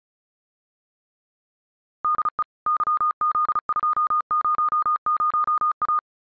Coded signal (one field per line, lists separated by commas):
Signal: Morse code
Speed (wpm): 36 wpm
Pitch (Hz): 1220 Hz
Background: none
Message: DE YZ200A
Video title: CW freak.NET - QRQ